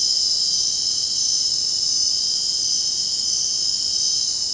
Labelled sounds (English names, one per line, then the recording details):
none
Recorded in dense forest near Puerto Asís, Putumayo, Colombia, on 23 June 2025 at 23:30
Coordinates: 0.499, -76.324
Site G100